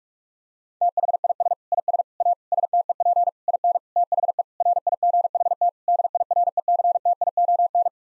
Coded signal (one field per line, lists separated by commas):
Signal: Morse code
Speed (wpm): 42 wpm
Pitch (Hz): 700 Hz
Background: none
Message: THIS IS A STEP IN THE RIGHT DIRECTION